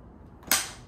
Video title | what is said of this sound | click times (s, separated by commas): Step on Burton (Heel play issue) | two that means your lock lock | 0.5 s